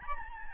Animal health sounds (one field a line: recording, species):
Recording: mosquito wingbeat signal from an infrared sensor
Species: Aedes albopictus